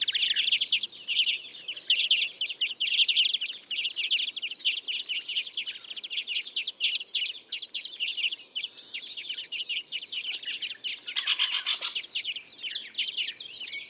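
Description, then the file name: European greenfinch calls: loud, continuous twittering and trilling chatter in repeated bursts, with a broader rushing sound near the end. "Chloris chloris"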